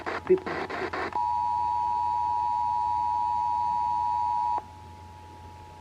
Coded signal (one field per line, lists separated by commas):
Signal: Emergency Alert System (SAME) tones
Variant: 853 and 960 Hz attention tone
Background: speech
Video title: Oregon's RMT (EAS #2819-2827)